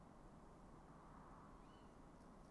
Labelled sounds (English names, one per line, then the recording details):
Tawny Owl
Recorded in Germany
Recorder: ecoPi